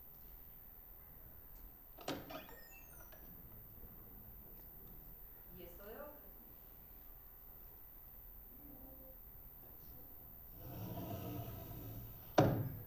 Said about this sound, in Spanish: pero a veces hay puertas específicas, ¿no? Entonces, nuevamente, recurrimos a la composición. Entonces, tenemos en un track solo eso, de una puerta, esto de otra.